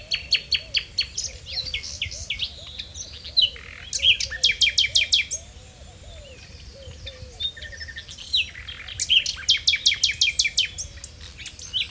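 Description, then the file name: Common nightingale song: bursts of fast, evenly repeated high notes in several phrases separated by brief pauses, with soft wavering low calls running throughout the background. "Luscinia megarhynchos"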